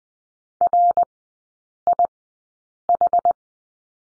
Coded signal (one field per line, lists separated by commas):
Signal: Morse code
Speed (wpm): 20 wpm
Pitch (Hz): 700 Hz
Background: none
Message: RIH